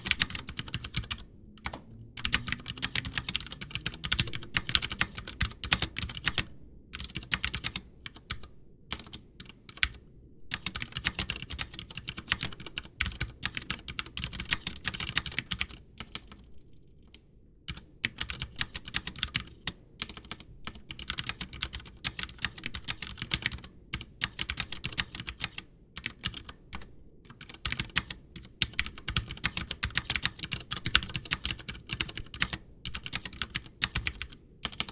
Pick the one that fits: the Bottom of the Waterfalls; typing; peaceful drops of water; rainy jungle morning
typing